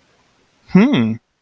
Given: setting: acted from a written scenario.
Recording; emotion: vocal sound without words; interest